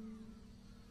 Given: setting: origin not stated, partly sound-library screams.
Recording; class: one-second piece from a danger detection set; normal situation